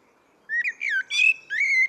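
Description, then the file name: Common blackbird giving a brief burst of smooth whistled notes sliding up and down, with one brighter, buzzier note in the middle. "Turdus merula"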